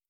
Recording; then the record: hydrophone in a shrimp aquaculture tank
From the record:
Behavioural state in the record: stressed